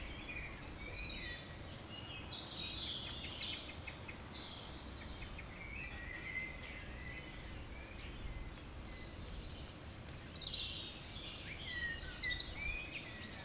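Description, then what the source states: Birds singing, several overlapping chirps and whistled phrases, some rising and falling, with steady low background rumble throughout. Evening village birds at Tregastel, Pleumeur-Bodou, France, around 8 pm in humid weather, April 2019; recorded with an MKH 8040 ORTF pair, Rycote windshield, Zoom H5.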